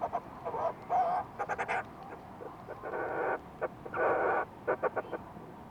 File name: fulmar prion